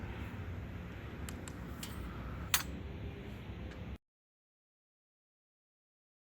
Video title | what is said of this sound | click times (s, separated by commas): Mercedes Benz C-Class Door Dent Guard Remove & Replace Chrome Trim Piece - W203 C320 | Once off, the new chrome trim can just be snapped back into place. | 2.5 s